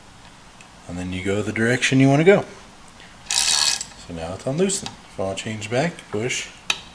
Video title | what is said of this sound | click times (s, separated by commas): Olsa Tools Push Reversible Ratcheting Wrench Set unbox and demo | kind of hear it click a little bit | 6.7 s